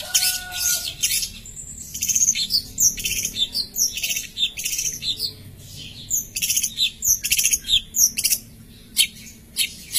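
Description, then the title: Long-tailed shrike song: dense, harsh high-pitched chatter of quick clicks and squeaky twitters, several notes each second. "Cendet"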